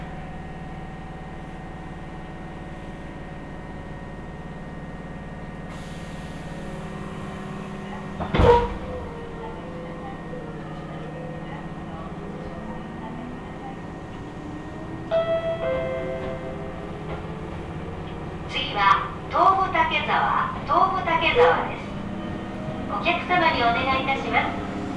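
A ride on the Tobu Tojo Line from Yorii to Ogawamachi, with a steady low rumble and a faint motor whine throughout. A sharp clack comes near eight seconds, then short bursts of voice, likely an announcement, fill the last several seconds.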